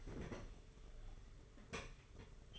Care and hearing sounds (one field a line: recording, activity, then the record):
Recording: daily activity, microphone in the room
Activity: open fridge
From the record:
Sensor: 4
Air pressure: 991.7 hPa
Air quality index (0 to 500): 101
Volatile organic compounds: 12 ppm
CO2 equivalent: 2374 ppm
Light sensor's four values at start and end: 17/51/20/21 and 17/50/19/20